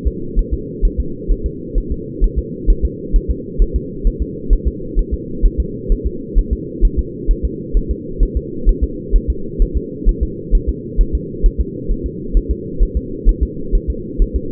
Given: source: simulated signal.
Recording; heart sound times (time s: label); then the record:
fetal heart sounds
0.07 s: S2
0.39 s: S1
0.54 s: S2
0.85 s: S1
1.00 s: S2
1.31 s: S1
1.46 s: S2
1.78 s: S1
1.92 s: S2
2.24 s: S1
2.39 s: S2
2.70 s: S1
2.85 s: S2
3.16 s: S1
3.31 s: S2
3.62 s: S1
3.76 s: S2
4.07 s: S1
4.22 s: S2
4.53 s: S1
4.68 s: S2
4.99 s: S1
5.14 s: S2
5.46 s: S1
5.60 s: S2
5.92 s: S1
6.06 s: S2
6.39 s: S1
6.53 s: S2
6.85 s: S1
6.99 s: S2
7.31 s: S1
7.45 s: S2
7.77 s: S1
7.91 s: S2
8.23 s: S1
8.37 s: S2
8.69 s: S1
8.83 s: S2
9.16 s: S1
9.30 s: S2
9.62 s: S1
9.77 s: S2
10.09 s: S1
10.23 s: S2
10.55 s: S1
10.69 s: S2
11.01 s: S1
11.15 s: S2
11.46 s: S1
11.61 s: S2
11.92 s: S1
12.06 s: S2
12.37 s: S1
12.51 s: S2
12.83 s: S1
12.97 s: S2
13.29 s: S1
13.43 s: S2
13.75 s: S1
13.90 s: S2
14.22 s: S1
14.36 s: S2
From the record:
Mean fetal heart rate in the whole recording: 130 bpm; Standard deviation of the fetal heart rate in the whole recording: 2 bpm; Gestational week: 38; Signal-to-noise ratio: -4.3 dB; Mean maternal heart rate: 72 bpm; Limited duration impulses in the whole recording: absent